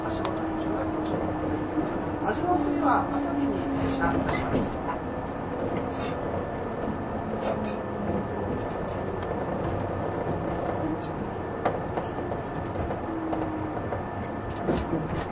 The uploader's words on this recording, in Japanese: 185系 踊り子106号01 伊豆急下田～熱海。修善寺始発の列車を併結しつつも上り列車で最速となる、185系踊り子106号を収録したものです。音の旅(走行音)。